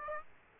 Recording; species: mosquito wingbeat signal from an infrared sensor; Aedes aegypti